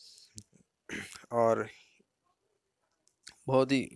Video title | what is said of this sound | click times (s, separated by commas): How To Copy LED TV Software// LED TV Flash ic programming// | इस look को दबाने से लॉक हो जाता है ठीक है और | 0.4 s